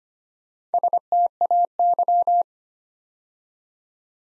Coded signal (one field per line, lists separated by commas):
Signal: Morse code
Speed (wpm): 25 wpm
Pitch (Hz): 700 Hz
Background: none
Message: STAY